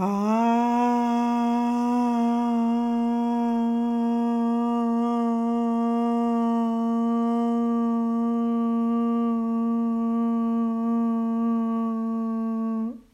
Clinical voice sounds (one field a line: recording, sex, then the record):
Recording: sustained vowel /a/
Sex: female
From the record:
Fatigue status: no fatigue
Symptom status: asymptomatic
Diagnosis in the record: COVID-19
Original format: m4a